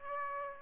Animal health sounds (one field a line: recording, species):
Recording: mosquito wingbeat signal from an infrared sensor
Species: Aedes aegypti